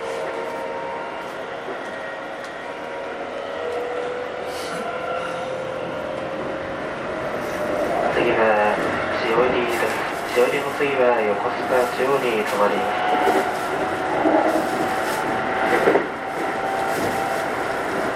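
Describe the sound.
Onboard a Keikyu New 1000 series train, the motor hum rises in pitch through the first half, steady and tonal. From about eight seconds a denser stretch of wavering tones and rumble takes over, with voices mixed in and brief clatters near the end.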